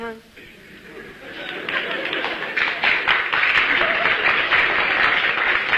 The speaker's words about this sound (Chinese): 那这鼓掌的人不多呀。鼓掌的人都是南方人。北方人他还是没听懂。